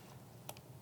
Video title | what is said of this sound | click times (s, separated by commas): Fuji Guys - Fujifilm X-M1 - Unboxing & Getting Started | and it should click in place a slight little play on it but it's okay | 0.5 s, 0.6 s